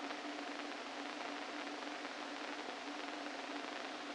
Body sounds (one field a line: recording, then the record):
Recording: brain microelectrode recording played as sound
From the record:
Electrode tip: inside the subthalamic nucleus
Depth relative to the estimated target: -2 mm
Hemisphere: left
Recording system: NeuroSet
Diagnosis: Parkinson's disease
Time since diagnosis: 13 years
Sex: male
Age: 49 years